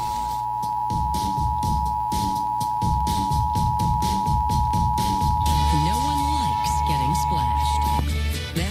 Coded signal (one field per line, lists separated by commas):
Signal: Emergency Alert System (SAME) tones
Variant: 853 and 960 Hz attention tone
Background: speech, music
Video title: Pennsylvania EAS Required Monthly Tests (3/21/19) (EAS #16-18)